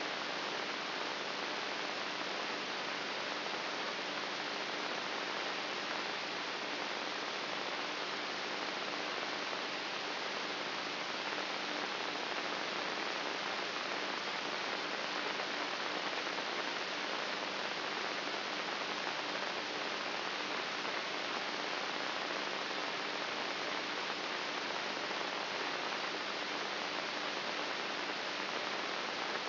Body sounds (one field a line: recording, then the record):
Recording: brain microelectrode recording played as sound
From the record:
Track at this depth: inside the subthalamic nucleus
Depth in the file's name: 5.64 mm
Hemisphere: right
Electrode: 3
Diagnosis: Parkinson's disease